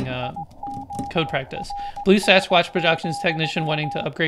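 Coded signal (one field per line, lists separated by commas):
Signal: Morse code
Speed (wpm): 18 wpm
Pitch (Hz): 810 Hz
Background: speech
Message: IORS,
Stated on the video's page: Live Morse code learning session, day 31.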